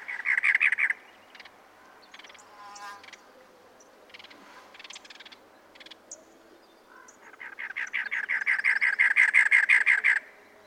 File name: Cactus Wren